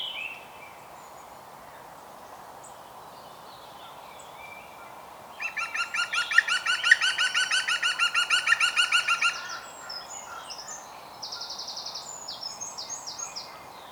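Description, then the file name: European green woodpecker giving a loud, fast laughing series of ringing notes for about four seconds, followed by thin high twittering from small songbirds. "Groene Specht Picus viridis"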